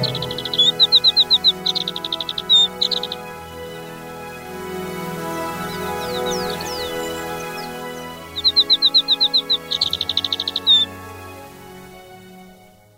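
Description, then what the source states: Alpine accentor song: two bursts of rapid buzzy trilled notes with whistled endings, faint twittering between, over a steady droning hum. Recorded at Zao, Japan.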